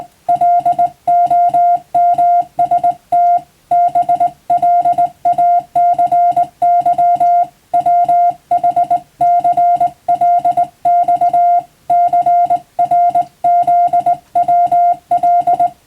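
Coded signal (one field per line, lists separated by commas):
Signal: Morse code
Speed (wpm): 20 wpm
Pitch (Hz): 700 Hz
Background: music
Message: LOMST BLACY WHCLX CRZWL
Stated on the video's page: Morse receiving practice for the Japanese radio operator national exam, using a telegram practice book.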